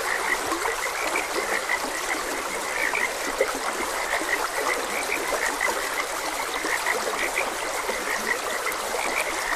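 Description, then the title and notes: Frogs croaking in a steady chorus, short bright notes repeating rapidly over a constant rush of flowing water. Frogs croaking beside a gentle stream. "Gentle Stream and Frogs Croaking. Sleep and Relaxation Podcast"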